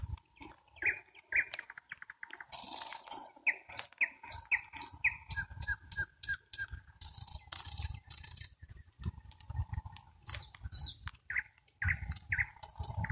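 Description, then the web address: Nightingale song: varied phrases of repeated chirps, buzzy bursts and piping notes, with a steady low hum and rumbling noise beneath. "spiew slowika slowik wiejski"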